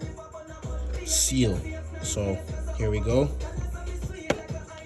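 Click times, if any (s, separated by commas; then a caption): 4.3 s. A clean thermostat is pushed firmly into its coolant reservoir housing port on a BMW 325i so the seals seat, while someone talks over music in the background. It snaps into place with a sharp click at 4.3 seconds, and the thermostat is seated.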